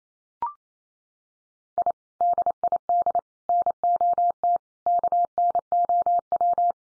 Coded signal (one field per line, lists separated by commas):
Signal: Morse code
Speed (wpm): 28 wpm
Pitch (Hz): 700 Hz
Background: none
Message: I DID NOT KNOW